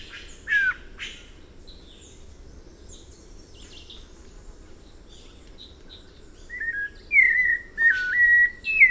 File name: canto do sabia coleira